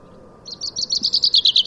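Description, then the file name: Common chaffinch song beginning: a quick run of evenly spaced, bright high notes growing louder, cut off before the phrase finishes. "Fringilla coelebs"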